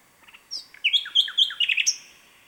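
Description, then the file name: Common nightingale song phrase: rich, quickly changing notes with slurred whistles dropping and rising, ending on a high thin whistle. "Luscinia megarhynchos"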